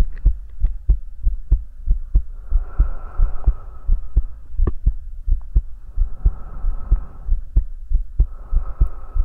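An ASMR heartbeat with breathing, as if the listener's head is hugged against the chest: steady, soft low thumps in paired beats at roughly 90 to 95 a minute, heard close. Slow breaths rise and fall over the top as gentle airy rushes, about three in nine seconds, over a faint low hum.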